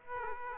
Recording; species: mosquito wingbeat signal from an infrared sensor; Aedes aegypti